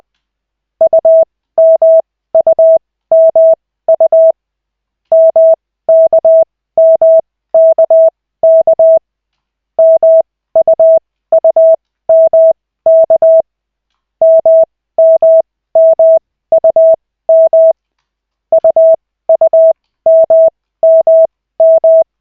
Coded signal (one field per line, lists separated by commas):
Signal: Morse code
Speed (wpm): 20 wpm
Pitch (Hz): 650 Hz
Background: none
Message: UMUMU MKMKK MUUMK MMMUM UUMMM